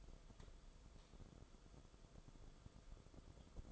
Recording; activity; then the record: daily activity, microphone in the room; light on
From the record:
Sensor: 5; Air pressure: 994.5 hPa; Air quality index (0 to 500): 192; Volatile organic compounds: 1000 ppm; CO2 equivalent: 5648 ppm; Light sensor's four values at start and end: 25/64/26/31 and 26/68/28/33